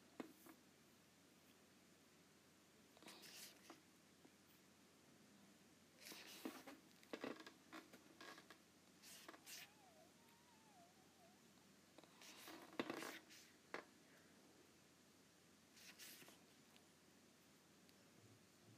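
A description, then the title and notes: An Apple Pencil moves across an iPad screen in short bursts of scratchy strokes and light taps, clustered around 3, 6–9, 12–13 and 16 seconds. Between the bursts there are quiet gaps with a low, steady hum underneath and a faint thin squeak near 10 seconds. ASMR Apple Pencil on iPad.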